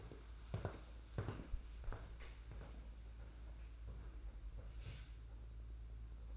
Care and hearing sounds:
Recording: daily activity, microphone in the room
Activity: walk to room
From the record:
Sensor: 2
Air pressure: 991.9 hPa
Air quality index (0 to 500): 230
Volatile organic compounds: 1000 ppm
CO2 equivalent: 7724 ppm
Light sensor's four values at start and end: 17/55/21/20 and 18/59/23/21

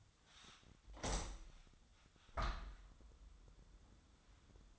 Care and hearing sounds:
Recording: daily activity, microphone in the room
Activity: open window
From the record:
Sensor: 3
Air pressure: 1004.6 hPa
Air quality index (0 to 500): 88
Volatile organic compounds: 3 ppm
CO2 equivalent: 1355 ppm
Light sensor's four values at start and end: 7/16/6/6 and 7/17/7/6

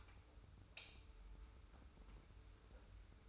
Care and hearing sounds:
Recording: daily activity, microphone in the room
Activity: light on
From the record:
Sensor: 2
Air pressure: 990.8 hPa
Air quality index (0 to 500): 121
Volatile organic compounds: 88 ppm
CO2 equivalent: 3672 ppm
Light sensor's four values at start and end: 25/60/24/24 and 30/77/31/31

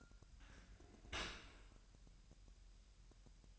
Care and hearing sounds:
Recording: daily activity, microphone in the room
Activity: open dishwasher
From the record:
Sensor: 2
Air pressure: 1000.3 hPa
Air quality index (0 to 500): 244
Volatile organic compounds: 88 ppm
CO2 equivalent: 3669 ppm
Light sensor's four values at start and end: 9/21/8/8 and 9/21/8/8

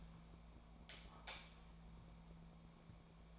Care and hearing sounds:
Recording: daily activity, microphone in the room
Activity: light off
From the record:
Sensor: 1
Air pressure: 1000.0 hPa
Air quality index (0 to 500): 131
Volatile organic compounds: 2 ppm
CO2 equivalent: 1242 ppm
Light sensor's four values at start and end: 40/107/44/53 and 37/93/39/48

